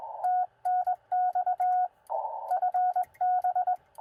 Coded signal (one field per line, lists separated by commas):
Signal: Morse code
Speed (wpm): 20 wpm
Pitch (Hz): 730 Hz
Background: none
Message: TNX FB